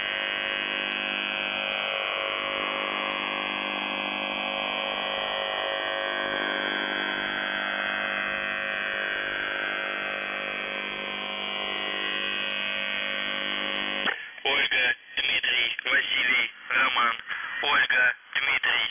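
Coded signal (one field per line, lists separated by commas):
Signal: numbers station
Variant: UVB-76, Russian voice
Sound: continuous low droning buzz, then a voice speaking short words for about five seconds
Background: radio static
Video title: The Buzzer/UVB-76(4625Khz) June 3, 2021 12:18UTC Voice message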